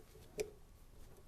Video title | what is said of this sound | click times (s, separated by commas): Beko Washer E06 or E6 Error? Replace the Motor Yourself and Save! | Should click into place and be locked into position. | 0.4 s